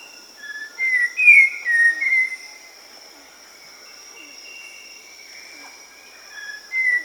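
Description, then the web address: Red-crowned ant-tanager song of clear, slurred whistles in short phrases, a pause, then another phrase, over a constant high insect drone. Recorded in Peru, in the Amazon. "Natures Songs S America Birds of the Amazon Red-crowned Ant-Tanager (Habia rubica), Peru"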